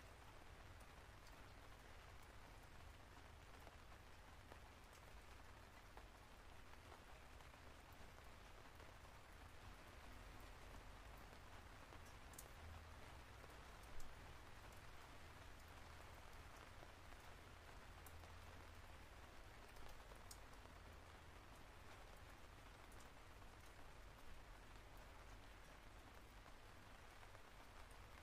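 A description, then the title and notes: Steady rain patters on a window and roof, a dense, even hiss of drops holding at the same level for the whole stretch. Sharper individual ticks stand out now and then, one a little louder near the middle, over a soft low rumble underneath. Steady Rain on Window and Roof. The soothing sound of light rain trickling on the roof top.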